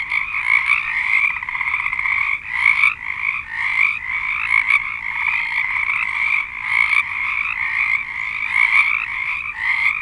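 Frog chorus, a dense continuous mass of overlapping trilled croaks in two bands, pulsing and swelling in waves with brief dips every second or two.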